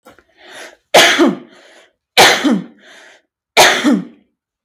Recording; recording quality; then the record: heavy voluntary cough; excellent, no background noise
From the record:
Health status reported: healthy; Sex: female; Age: 28 years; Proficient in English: yes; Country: France